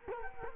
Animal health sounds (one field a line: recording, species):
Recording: mosquito wingbeat signal from an infrared sensor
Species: Culex quinquefasciatus